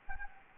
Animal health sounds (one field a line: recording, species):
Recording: mosquito wingbeat signal from an infrared sensor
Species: Anopheles gambiae